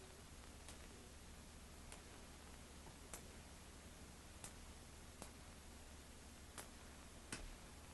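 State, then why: Seated. A pick pushed to the back of a pin-tumbler lock cylinder, lifting all the pins above the shear line, is slowly withdrawn one pin at a time to test the lock. Small sharp ticks sound over a steady low hiss as each metal pin clicks into place at 1.9, 3.1, 4.4, 5.2 and 7.3 seconds, and the pins are seated.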